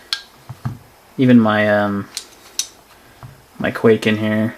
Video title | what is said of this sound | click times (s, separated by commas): Knife Collection Update | has that click my 560 has that click | 0.1 s